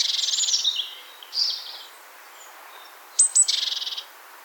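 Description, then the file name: Great tit calls: a pulsed buzzy rattle, a shorter churr, then two high sharp notes leading into another rapid rasping churr. "Parus major"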